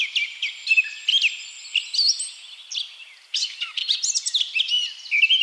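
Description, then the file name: Eurasian blackcap singing a busy, scratchy warble mixed with clear whistled notes, in two bursts separated by a brief lull. "Sylvia atricapilla"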